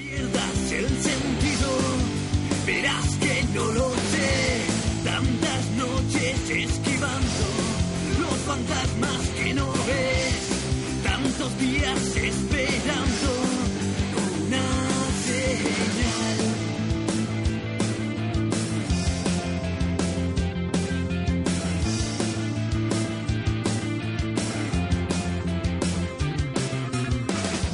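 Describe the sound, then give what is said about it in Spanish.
An acoustic rock song played live, with strummed guitars and a steady beat holding a full, even loudness for the whole stretch without any break. “lo vamos a tocar una versión más acústica que suena bastante diferente, a ver qué le parece a la gente.”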